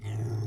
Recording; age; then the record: pig call; weaner (32 to 43 days)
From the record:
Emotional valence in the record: negative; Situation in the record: negative conditioning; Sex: female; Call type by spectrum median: low-frequency call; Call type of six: low-frequency stable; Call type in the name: low-frequency stable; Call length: 0.47 s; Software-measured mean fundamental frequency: 54 Hz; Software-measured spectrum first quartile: 108 Hz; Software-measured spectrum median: 148 Hz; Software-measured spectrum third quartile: 420 Hz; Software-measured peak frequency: 115 Hz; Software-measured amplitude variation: 84 dB a second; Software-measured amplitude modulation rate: 17.0 a second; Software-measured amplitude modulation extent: 5.0 dB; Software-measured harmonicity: 5.2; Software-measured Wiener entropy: -0.72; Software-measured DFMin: 1111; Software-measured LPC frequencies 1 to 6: 2020, 2927, 3500, 5433, 6134, 7313 Hz